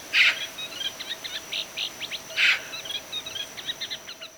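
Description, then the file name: Eurasian magpie giving two loud rasping calls, with busy high chirping and twittering throughout. "Pica pica"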